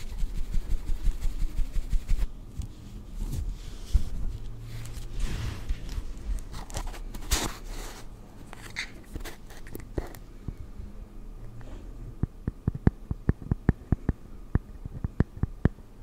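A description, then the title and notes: Makeup being applied to a face, heard as quick, soft brushing and dabbing strokes with a low rubbing hum underneath. Around the middle, louder scratchy sweeps come in. Near the end, sharper light taps repeat at an irregular pace. ASMR First person Makeup On Your Face(No Talking).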